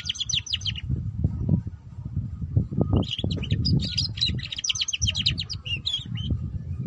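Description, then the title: Canary song: a brief fast trill, a pause, then a longer run of rapid twittering and buzzy trills, with steady low rumbling noise underneath. Belgian canary; song used to warm up and lure other canaries into singing in the fast chirping ngeriwik style. "Canto Para Esquentar Canário Belga. Suara Kenari Belajar Bunyi Ngeriwik || Cocok Untuk Pancingan Kenari Ngeriwik"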